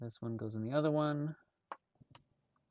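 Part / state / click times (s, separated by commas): wiring harness connector into mating harness plug behind rearview mirror / seated / 1.7 s, 2.2 s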